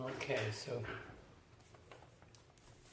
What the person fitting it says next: all snapped in place